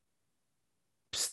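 After about a second of near silence, a single sharp, hissing burst lasting roughly a fifth of a second: a cat's sneeze, small, high and airy rather than human.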